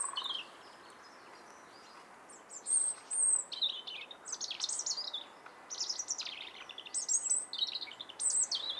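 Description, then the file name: European robin song: thin, high, rapidly varied warbling phrases with sliding whistles and trills, delivered in bursts separated by short pauses. "Erithacus rubecula"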